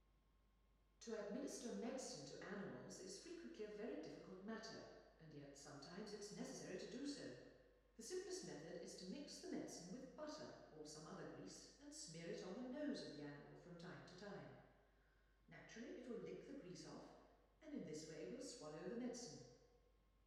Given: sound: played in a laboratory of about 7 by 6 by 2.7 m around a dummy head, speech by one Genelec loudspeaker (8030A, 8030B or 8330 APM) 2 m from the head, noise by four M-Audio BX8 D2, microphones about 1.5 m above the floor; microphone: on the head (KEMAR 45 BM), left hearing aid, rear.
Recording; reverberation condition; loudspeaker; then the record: female speech in English; high; in front (0 degrees)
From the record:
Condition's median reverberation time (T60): about 1300 ms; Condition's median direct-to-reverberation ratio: about -4.0 dB